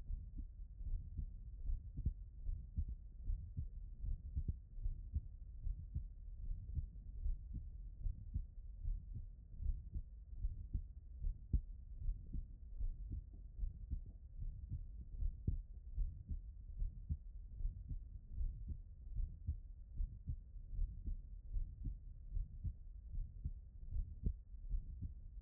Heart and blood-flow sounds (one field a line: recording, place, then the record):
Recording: heart sounds by stethoscope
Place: tricuspid valve (TV)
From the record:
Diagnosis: non-HFrEF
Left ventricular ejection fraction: 65%